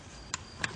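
Turning the dial of a rotary combination safe lock lets the retracted metal bolt spring back out into its extended position. Two sharp clicks sound at 0.3 s and 0.6 s over a quiet background. The bolt snaps back out and seats.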